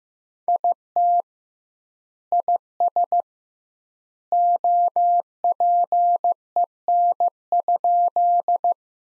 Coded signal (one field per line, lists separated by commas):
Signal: Morse code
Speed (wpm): 15 wpm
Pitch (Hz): 700 Hz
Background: none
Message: IT IS OPEN?